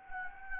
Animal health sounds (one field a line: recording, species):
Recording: mosquito wingbeat signal from an infrared sensor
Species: Anopheles gambiae